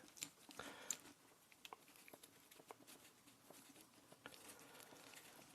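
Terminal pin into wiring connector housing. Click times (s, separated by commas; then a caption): 0.9 s. A crimped terminal pin is pushed by one hand back into a wiring harness connector housing until its barb locks. It clicks into the housing at 0.9 s, amid other small clicks and handling taps, and the pin is seated.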